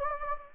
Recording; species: mosquito wingbeat signal from an infrared sensor; Anopheles gambiae